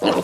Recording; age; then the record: pig call; piglet (1 to 25 days)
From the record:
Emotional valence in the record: negative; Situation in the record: surprise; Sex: male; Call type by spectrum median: low-frequency call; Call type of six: low-frequency modulated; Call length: 0.24 s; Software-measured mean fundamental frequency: 49 Hz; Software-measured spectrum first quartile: 415 Hz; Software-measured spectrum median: 675 Hz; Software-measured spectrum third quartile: 1628 Hz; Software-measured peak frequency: 303 Hz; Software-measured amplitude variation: 148 dB a second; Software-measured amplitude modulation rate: 14.6 a second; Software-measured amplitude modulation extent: 10.2 dB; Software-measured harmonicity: 0.1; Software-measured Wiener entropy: -1.45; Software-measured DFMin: 1673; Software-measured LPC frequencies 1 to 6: 509, 942, 2854, 4159, 5424, 6863 Hz